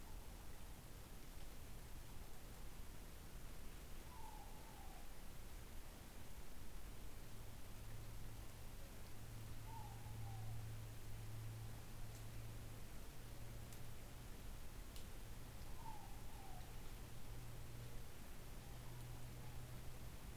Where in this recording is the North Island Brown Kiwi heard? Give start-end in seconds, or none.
none